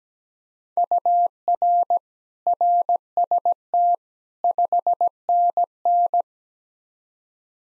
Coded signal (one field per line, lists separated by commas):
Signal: Morse code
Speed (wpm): 17 wpm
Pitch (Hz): 700 Hz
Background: none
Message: UR RST 5NN